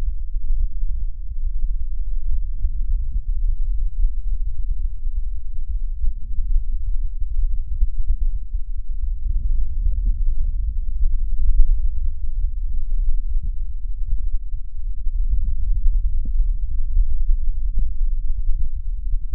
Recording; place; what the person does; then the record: lung sounds by stethoscope; left anterior apical chest; quiet breathing, then deep breathing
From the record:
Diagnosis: asthma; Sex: female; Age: 77 years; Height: 160 cm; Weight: 68.7 kg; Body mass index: 26.6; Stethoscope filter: bell mode